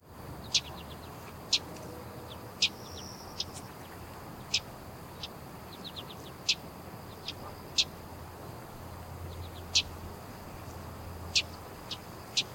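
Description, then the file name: Common yellowthroat giving short, sharp high chip notes at irregular intervals. "Geothlypis trichas - Common Yellowthroat"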